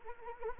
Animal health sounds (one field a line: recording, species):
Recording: mosquito wingbeat signal from an infrared sensor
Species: Anopheles arabiensis